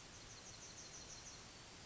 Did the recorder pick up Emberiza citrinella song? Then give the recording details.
yes. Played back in forest. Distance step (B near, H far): F. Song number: 038